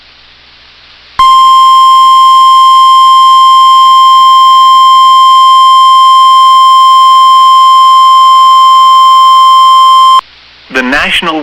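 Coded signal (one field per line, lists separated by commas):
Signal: Emergency Alert System (SAME) tones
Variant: 1050 Hz attention tone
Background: speech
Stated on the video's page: Severe thunderstorm warnings received on NOAA Weather Radio WXM99.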